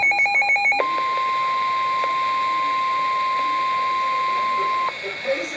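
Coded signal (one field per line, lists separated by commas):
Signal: Emergency Alert System (SAME) tones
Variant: 1050 Hz attention tone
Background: speech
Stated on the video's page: Real Severe Thunderstorm Warning alert.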